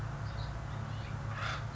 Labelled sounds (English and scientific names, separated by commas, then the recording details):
Acorn Woodpecker (Melanerpes formicivorus)
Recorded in Sonoma County, California